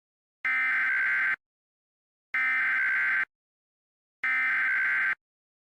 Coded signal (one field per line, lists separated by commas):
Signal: Emergency Alert System (SAME) tones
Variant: header bursts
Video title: "Light VS Shadow" An EAS Scenario